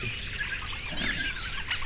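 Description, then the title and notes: Starlings chattering together, a thick tangle of squeaky, whistled and rattling notes with one sharp click near the end. Starlings resting together in trees in the afternoon, Alt Empordà. "Estorninos En Alt Empordà. Por la tarde los estorninos descansan en los árboles y como siempre, lo hacen todos juntos"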